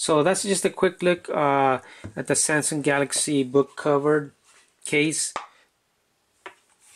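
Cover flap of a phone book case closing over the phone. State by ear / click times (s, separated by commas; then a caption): seated / 6.5 s. Someone talks, then the cover flap of a Samsung Galaxy Note 8 book cover case is closed over the phone. It clicks shut with a short, sharp click at 6.5 s, and the flap is seated.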